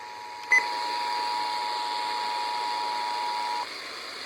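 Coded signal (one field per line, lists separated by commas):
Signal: Emergency Alert System (SAME) tones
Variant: 853 and 960 Hz attention tone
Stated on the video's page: EAS tests.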